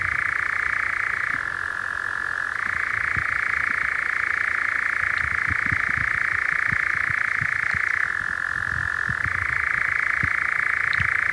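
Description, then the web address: European nightjar churring continuously, a fast rattling trill that twice shifts briefly to a lower pitch before returning. "birdify Caprimulgus europaeus"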